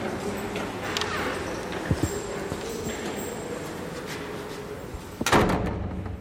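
A heavy oak door marked 'Weihestätte' is worked open and then shut, giving a dull wooden knock early on and a louder, booming slam near the end over a steady rushing background.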